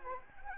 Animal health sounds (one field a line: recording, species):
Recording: mosquito wingbeat signal from an infrared sensor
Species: Anopheles arabiensis